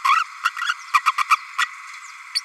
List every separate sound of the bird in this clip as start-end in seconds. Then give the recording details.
0.04-0.24, 0.43-0.50, 0.61-0.73, 0.93-1.02, 1.05-1.12, 1.18-1.24, 1.28-1.37, 1.58-1.66, 2.35-2.41. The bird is a female. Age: 32 days. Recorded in a nest box in Venezuela. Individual 17B32A5